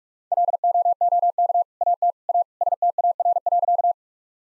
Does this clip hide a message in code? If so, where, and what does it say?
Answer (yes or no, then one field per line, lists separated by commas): yes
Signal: Morse code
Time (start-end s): 0.3-3.9 s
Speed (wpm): 46 wpm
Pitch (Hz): 700 Hz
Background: none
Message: LOOK AT A STAR.